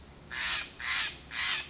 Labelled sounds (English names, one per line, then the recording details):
Steller's Jay
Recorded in Sonoma County, California